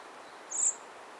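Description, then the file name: Eurasian blackbird giving one short, thin, very high-pitched note midway through, with soft even background noise. "Turdus merula"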